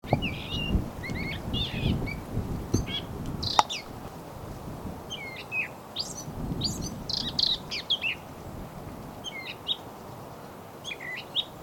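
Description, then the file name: Eurasian blackcap giving short, sharp high notes in scattered bursts over a low rumbling background noise. "Sylvia atricapilla"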